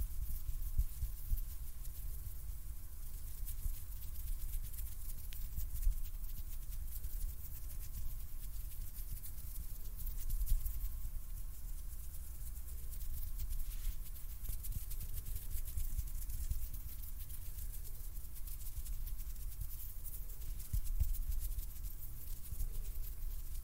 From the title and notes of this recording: ASMR HAND SOUNDS NO TALKING.